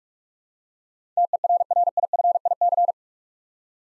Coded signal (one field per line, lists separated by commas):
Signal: Morse code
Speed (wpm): 44 wpm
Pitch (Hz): 700 Hz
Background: none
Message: TERRIFIC